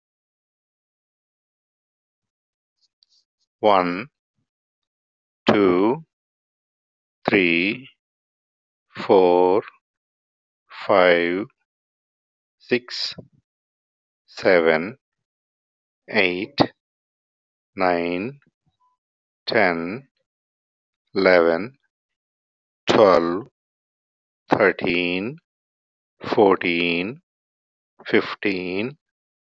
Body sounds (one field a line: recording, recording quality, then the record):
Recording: counting at a normal pace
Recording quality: excellent, no background noise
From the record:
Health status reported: healthy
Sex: male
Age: 56 years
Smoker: yes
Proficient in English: yes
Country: India